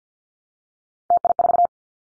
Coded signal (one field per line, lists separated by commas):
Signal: Morse code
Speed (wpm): 48 wpm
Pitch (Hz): 700 Hz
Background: none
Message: TI4